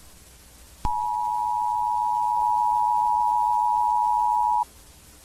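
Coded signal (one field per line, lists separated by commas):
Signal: Emergency Alert System (SAME) tones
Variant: 853 and 960 Hz attention tone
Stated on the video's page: Analog-horror emergency broadcast made in Sony Vegas with text-to-speech, a fictional creation.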